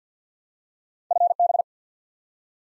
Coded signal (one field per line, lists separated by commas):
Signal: Morse code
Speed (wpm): 50 wpm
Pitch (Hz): 700 Hz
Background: none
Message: FB